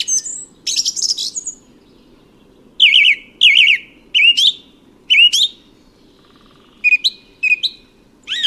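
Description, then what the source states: Song thrush song: loud, clear whistled phrases, several of them repeated, with short pauses between phrase groups and a faint low hum beneath. Song thrush among the spring birds arriving.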